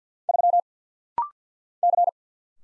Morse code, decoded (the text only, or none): 3 C